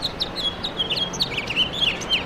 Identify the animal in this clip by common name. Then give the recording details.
House Finch. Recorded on Long Island, New York, on 23 June 2012. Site AP. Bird C